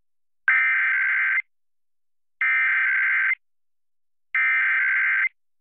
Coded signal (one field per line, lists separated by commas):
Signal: Emergency Alert System (SAME) tones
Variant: header bursts